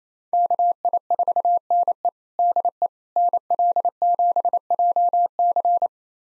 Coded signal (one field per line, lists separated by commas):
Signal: Morse code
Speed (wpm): 28 wpm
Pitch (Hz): 700 Hz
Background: none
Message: KI4NE DE NL7JC